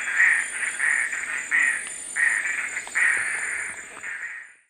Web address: Natures Songs S America Eastern Lowlands. Pteroglossus inscriptus, group calls